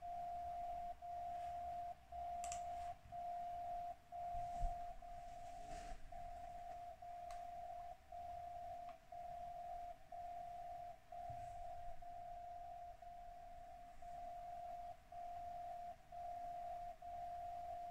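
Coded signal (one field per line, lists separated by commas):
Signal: radio time signal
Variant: DCF77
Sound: steady tone that drops out briefly every second, like a rhythmic ticking hum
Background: radio static, clicks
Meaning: Each second's short or long dip encodes one bit of the time code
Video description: In this video, I'm receiving the time signal with Software Defined Radio from SDRPlay - RSP1A tuned to 77.5 kHz and a Tecsun MW Ferrite Antenna on the right side. (the annoying sound you hear in the background)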